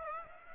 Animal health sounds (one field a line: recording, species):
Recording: mosquito wingbeat signal from an infrared sensor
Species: Aedes aegypti